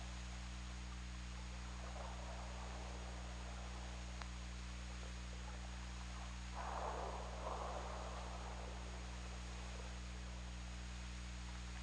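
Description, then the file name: Killer whale calls heard underwater, a pair of harsh, buzzing bursts back to back late, with a sharp click earlier and steady hum throughout. OrcaLab hydrophone, 17 February 2018 at 22:36:19. "Orca Lab UTLN JASON 20180217 223619"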